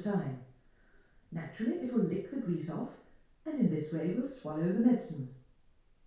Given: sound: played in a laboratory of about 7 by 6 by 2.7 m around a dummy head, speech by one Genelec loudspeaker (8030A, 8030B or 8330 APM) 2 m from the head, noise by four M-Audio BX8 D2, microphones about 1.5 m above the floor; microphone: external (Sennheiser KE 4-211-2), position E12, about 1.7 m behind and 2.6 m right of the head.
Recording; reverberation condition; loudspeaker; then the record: female speech in English; medium; 150 degrees to the right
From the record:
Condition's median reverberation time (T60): about 510 ms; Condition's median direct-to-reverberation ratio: about -0.5 dB